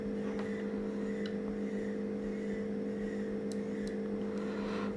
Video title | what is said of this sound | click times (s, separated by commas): Review & SpeedTest TP-Link TL-MR 6400 | okay so it gives a click sound when the cementers and let's see | 3.5 s